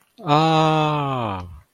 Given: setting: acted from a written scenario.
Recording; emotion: vocal sound without words; realization